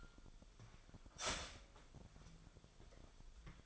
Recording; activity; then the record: daily activity, microphone in the room; start toaster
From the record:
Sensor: 5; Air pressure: 1002.1 hPa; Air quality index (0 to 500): 208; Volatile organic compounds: 20 ppm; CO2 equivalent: 2700 ppm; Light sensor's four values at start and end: 33/108/41/43 and 33/108/41/44